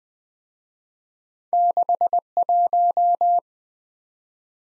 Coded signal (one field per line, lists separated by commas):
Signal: Morse code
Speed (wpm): 22 wpm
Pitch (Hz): 700 Hz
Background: none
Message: 61